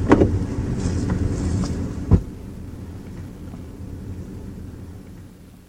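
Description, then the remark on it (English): A low engine rumble, then a single sharp thud like a car door shutting, followed by a quieter, steady motor hum as the car drives off and slowly fades. “Well, get in the car. Let's go home.”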